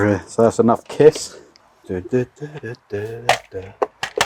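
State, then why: Not seated. An electrical wiring accessory part is handled as it is pushed toward its mounting while someone talks, with a few short sharp knocks near the end. Nothing has seated or clicked yet; the part is not home when the clip ends.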